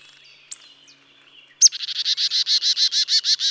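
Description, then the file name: Marsh tit calls: a sharp high note and a few soft chips, then a steady series of loud, buzzy, rasping notes. "Poecile palustris"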